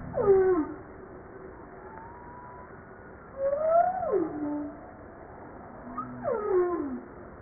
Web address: Humpback